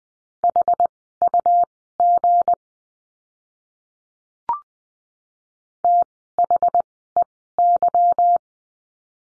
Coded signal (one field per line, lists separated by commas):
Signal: Morse code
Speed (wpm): 20 wpm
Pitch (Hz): 700 Hz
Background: none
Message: HUG THEY